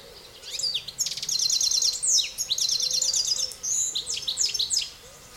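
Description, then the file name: European goldfinch chattering steadily after a brief quiet start, fast jangling notes and short buzzy trills strung together, easing off at the end. "Carduelis carduelis"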